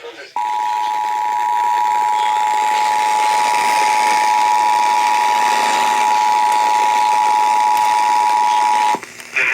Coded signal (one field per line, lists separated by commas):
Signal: Emergency Alert System (SAME) tones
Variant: 853 and 960 Hz attention tone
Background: speech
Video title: THE DIKK AND BAWLZ STORM... EAS Alerts from 5/21/22 (EAS #7,004 - 7,022)